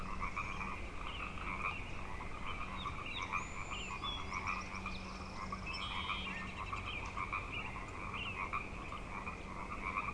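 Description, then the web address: Frogs call together in a rich rolling chorus of fast pulsed croaks, with several short bird whistles and chirps scattered through the middle. Frog chorus at Grafton Lake, recorded 3 May 2009. "The Frog Chorus Tunes Up On Grafton Lake"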